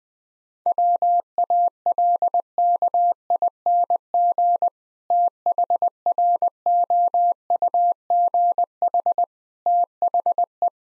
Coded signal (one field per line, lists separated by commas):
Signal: Morse code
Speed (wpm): 20 wpm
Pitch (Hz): 700 Hz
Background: none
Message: WALKING THROUGH THE